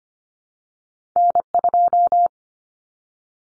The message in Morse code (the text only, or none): N2